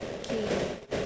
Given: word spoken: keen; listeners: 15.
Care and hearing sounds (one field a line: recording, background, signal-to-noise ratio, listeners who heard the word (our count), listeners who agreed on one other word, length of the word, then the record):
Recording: one English word in noise, from a listening test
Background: noise modulated by three-talker babble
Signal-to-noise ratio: -5.2 dB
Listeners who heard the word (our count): 5 of 15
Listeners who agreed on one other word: 9 of 15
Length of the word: 0.66 s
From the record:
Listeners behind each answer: 9, 5, 1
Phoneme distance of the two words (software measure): 7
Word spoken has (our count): 1 syllable, 3 phonemes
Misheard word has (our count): 1 syllable, 2 phonemes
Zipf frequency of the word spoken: 4.85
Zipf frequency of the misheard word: 5.07